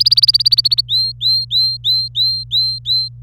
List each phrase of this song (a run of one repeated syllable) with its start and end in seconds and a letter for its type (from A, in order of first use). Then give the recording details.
0.00-0.81 A, 0.89-3.08 B. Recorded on 25 April 2018 at 16:36. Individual llb3